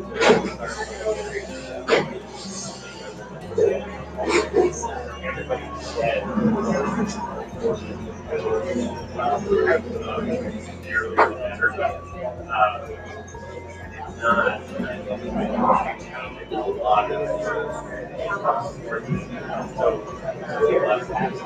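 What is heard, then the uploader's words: Inside a downtown coffee shop, several voices overlap in steady, busy chatter with no single speaker standing out. Short clinks and clatters of cups and dishes pop up every second or two. Underneath, a low, constant hum runs throughout, shifting pitch slightly a few times. Relaxing downtown, Coffee Shop ambience! Fredericton, New Brunswick, Canada.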